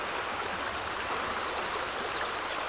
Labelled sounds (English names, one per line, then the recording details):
Common Blackbird
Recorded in Germany
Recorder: ecoPi